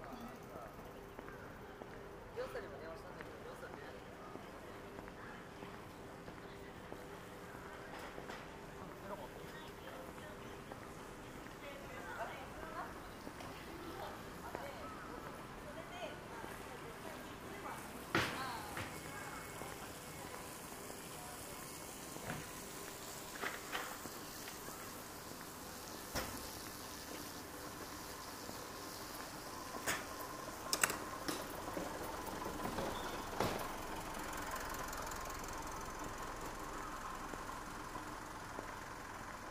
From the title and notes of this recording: Shinjuku,Saturday morning. Morning in bustling Shinjuku is different from night. Kabukicho～Hotel street～ Kabukicho,Sakura street～Kabukicho,Ichiban-gai～Omoide Yokocho～Shinjuku East exit.